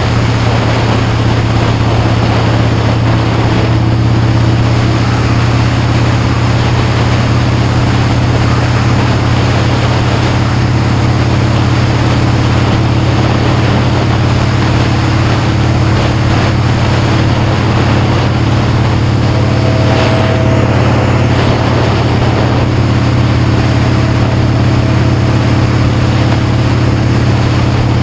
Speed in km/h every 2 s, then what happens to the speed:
68, 74, 84, 79, 69, 77, 71, 76, 71, 72, 76, 69, 72, 71.
0-4 speeds up to 84. 4-12 slows to 71.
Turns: none.